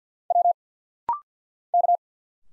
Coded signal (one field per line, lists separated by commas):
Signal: Morse code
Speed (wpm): 51 wpm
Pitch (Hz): 700 Hz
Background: none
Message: W K